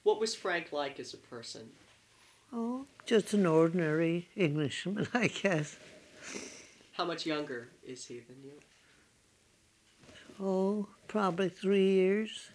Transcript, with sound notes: What was Frank like as a person?
Oh, just an ordinary Englishman, I guess. (she laughs)
How much younger is he than you?
Oh, probably three years.